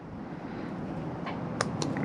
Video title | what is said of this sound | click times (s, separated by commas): Warning! Honda stopped production of accessory sub harness for NC700X. | Okay, nice click. | 1.6 s